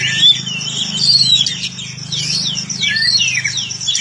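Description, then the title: Oriental magpie-robin song of quick descending whistled slurs and chirps, repeated in short bursts, with a low steady hum underneath. "Kacer"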